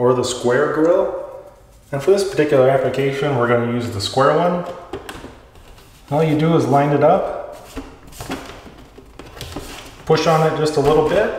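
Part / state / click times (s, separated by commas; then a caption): grille into in-wall speaker frame / not seated / none. A square grille is lined up over an in-wall speaker frame before being pushed on, while someone talks. Only light contact sounds are heard, around 4.9–5.1 s and again around 9.2–9.4 s. The grille has not snapped into place yet.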